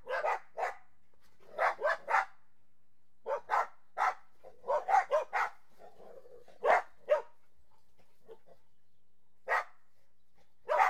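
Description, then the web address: Dogs barking in short, sharp bursts, sometimes singly and sometimes in quick clusters of two or three, with brief quiet gaps between them. Border Collies and Labradors playing. "BBC Sound Effects Library. Border Collies And Labs Playing"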